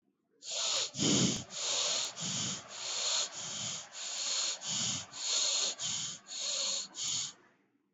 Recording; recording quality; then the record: shallow breathing; excellent, no background noise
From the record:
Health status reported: recovered from COVID-19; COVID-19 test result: positive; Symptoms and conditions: none ticked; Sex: male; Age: 25 years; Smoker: not ticked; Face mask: not worn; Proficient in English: yes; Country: India